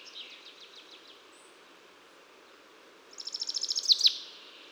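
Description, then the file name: Common chaffinch song: faint repeated notes, then a louder rapid series of notes ending in a sharp flourish, over steady background hiss. "Fringilla coelebs"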